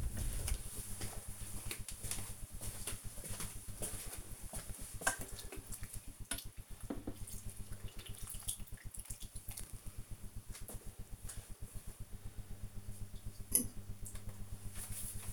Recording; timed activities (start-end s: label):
household activities, microphone on the right wrist
0.00-10.41 s: watering plant